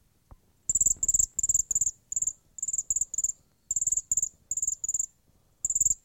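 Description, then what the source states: Cedar waxwing calls: very high, thin, hissing trilled notes given in quick bursts, repeated steadily over a quiet background. Macaulay Library recording.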